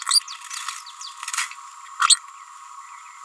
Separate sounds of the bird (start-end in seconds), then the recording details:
0.10-0.20, 1.99-2.18. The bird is a female. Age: 29 days. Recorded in a nest box in Venezuela. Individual 17B31A3